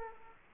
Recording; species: mosquito wingbeat signal from an infrared sensor; Culex quinquefasciatus